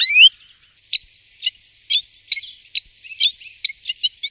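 Bird calls, an upslurred whistle at the start, then a series of short sharp chirps.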